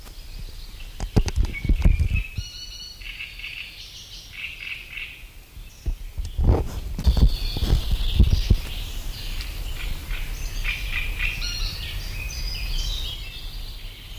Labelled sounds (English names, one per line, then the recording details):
Great Reed Warbler song
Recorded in the wild
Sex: male
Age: adult
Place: Mühlenbeck, Brandenburg, DE
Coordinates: 52.6944, 13.4047
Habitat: lake
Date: 1996-06-22 16:50
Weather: cloudy, 16°C
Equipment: Sony MD-WM MZ-R3, Sennheiser MKH 416 T, Kopie Uher 4000 Report Monitor
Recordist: Tembrock, Günter